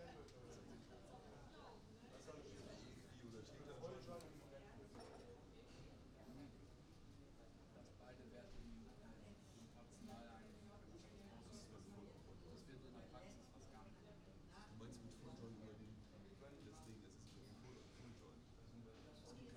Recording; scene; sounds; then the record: everyday scene through a hearing-aid microphone; many people talking; many voices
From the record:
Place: university cafeteria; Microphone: in the ear canal, right